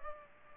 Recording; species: mosquito wingbeat signal from an infrared sensor; Culex pipiens